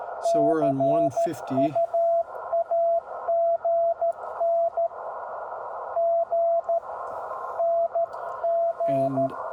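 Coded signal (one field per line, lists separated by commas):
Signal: Morse code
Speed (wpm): 13 wpm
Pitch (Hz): 670 Hz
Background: speech, radio noise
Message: CU AGN GN G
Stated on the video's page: CW from a K2 transceiver with no options, heard during and after filter calibration.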